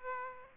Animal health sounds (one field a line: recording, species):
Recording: mosquito wingbeat signal from an infrared sensor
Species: Aedes aegypti